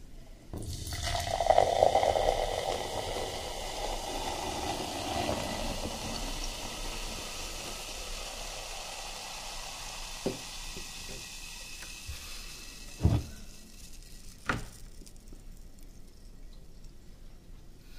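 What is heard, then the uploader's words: Döner and Coca Cola eating sounds: a rustling, crinkling burst early on easing into a soft steady hiss, with sharp clicks near 10, 13 and 14.5 seconds. Mukbang ASMR Food Döner & Coca Cola.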